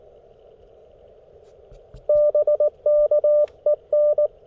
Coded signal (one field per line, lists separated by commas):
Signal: Morse code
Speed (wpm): 20 wpm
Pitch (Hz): 590 Hz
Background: none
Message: BK EN